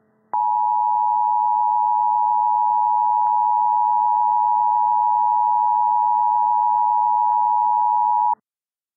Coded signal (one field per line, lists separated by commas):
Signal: Emergency Alert System (SAME) tones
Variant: 853 and 960 Hz attention tone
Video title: EAS: RMT for West Virginia (Fictional)